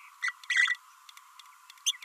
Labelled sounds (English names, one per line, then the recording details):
Green-rumped Parrotlet babbling
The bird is a female
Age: 30 days
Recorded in a nest box in Venezuela
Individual 17B32A5